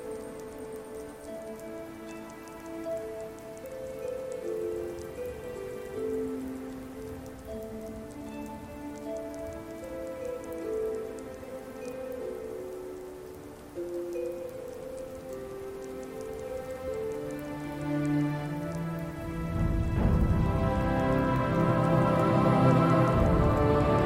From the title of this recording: Music & Ambience - Rainy Solstheim